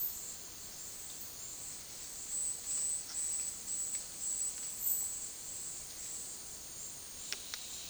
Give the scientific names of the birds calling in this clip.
none